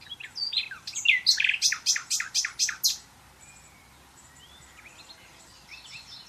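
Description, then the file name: Common nightingale song: a few slurred notes lead into a loud series of harsh, rapidly repeated notes, then soft faint chirps trail off. "Luscinia megarhynchos"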